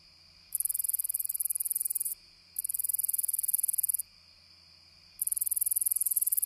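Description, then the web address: Rattler round-winged katydid song: high, dry buzzing rattles about one and a half seconds long, separated by short silent gaps, three bursts heard. Recorded in North America. "Songs of Insects. Rattler Round-winged Katydid"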